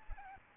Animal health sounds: mosquito wingbeat signal from an infrared sensor; Aedes albopictus

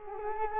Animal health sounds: mosquito wingbeat signal from an infrared sensor; Culex quinquefasciatus

